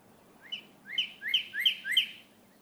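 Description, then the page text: Northern cardinal delivering a short phrase of five ringing whistled notes that swoop upward, over faint background hiss. Male leaving his night roost and beginning his day in the morning, on one of 13 mornings in late April and early May 2018, in a crabapple tree in Hatfield, Massachusetts. "Cardinals awaking—13 mornings to explore! For 13 mornings during late April and early May 2018, I recorded how a male northern cardinal left the night roost and began his day"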